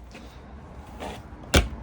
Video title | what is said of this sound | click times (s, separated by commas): Autocruise Pioneer Tasman Handover video | Make sure that you hear that click when you push the cassette all the way back in. | 1.6 s